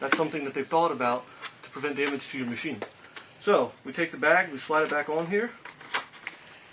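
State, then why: Seated. Someone talks while sliding the paper and plastic dust bag back onto its holder inside a Sebo X4 Pet Edition upright vacuum cleaner. A short, sharp snap at 6.3 s marks the bag popping into place, and it is seated.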